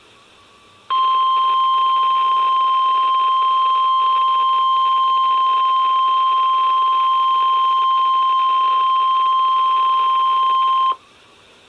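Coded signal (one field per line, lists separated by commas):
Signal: Emergency Alert System (SAME) tones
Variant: 1050 Hz attention tone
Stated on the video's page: NOAA Weather Radio Flood Watch update for Hurricane Sandy, transmitted on 162.500 MHz from Sudlersville, Maryland.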